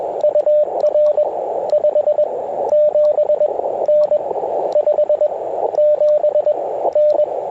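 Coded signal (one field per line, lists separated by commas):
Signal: Morse code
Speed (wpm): 20 wpm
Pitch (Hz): 600 Hz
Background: radio noise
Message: UR 57N 57N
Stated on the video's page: CW POTA activation on a Ten-Tec Argonaut V with full break-in QSK, BaMaKeY TP-III paddle, and MC-750 antenna.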